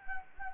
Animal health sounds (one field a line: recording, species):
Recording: mosquito wingbeat signal from an infrared sensor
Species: Anopheles gambiae